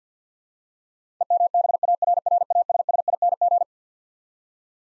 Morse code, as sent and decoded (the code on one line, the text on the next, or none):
. -- -... .- .-. .-. .- ... ... .. -. --.
EMBARRASSING